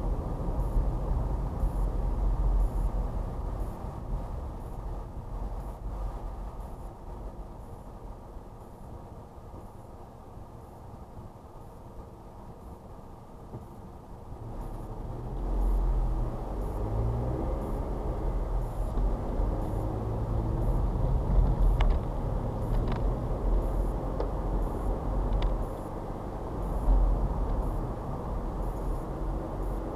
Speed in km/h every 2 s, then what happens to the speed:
31, 23, 15, 6, 0, 0, 0, 0, 13, 21, 24, 26, 34, 35, 34.
0-7 brakes to 0. 7-14 standing. 14-25 pulls away to 35.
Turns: 18-23.